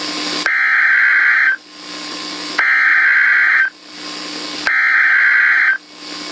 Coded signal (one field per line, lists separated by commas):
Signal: Emergency Alert System (SAME) tones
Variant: header bursts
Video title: EAS Scenario: "Suffocating Manhattan"